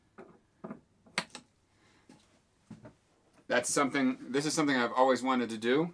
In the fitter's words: so now if these get tangled up they easily come off with magnets you're going to hear a click